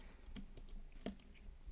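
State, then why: Not seated. A swap head for a 1/12 scale Superman action figure is pushed onto another Justice League figure's plastic neck peg, producing a few faint, short ticks and taps over a quiet background. The head does not click onto the peg and only sits on top; nothing has clicked into place.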